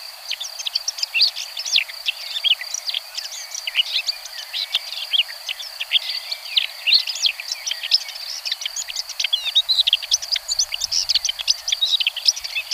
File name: Pie grieche ecorcheur